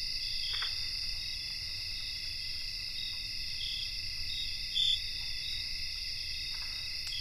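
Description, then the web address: Crickets sustain an even, shrill trilling chorus at several high pitches, broken only by one short louder chirp. Cricket chorus recorded in North America. "Nature Songs N America Songs of Insects 77-Cricket chorus"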